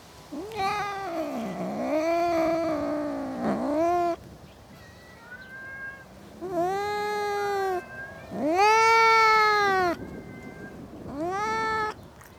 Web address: BBC Sound Effects Library BBC - Cats Cats In A Suburban Garden